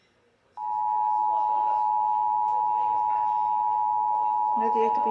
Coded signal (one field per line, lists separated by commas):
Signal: Emergency Alert System (SAME) tones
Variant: 853 and 960 Hz attention tone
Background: speech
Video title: Absolute Craziness in New England: My Old Kentucky Storms|EAS Alerts from 5/3/25